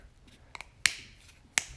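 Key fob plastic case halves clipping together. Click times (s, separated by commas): 0.9 s, 1.6 s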